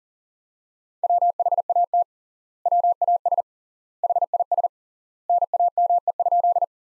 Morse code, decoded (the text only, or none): WHAT WAS HIS NAME?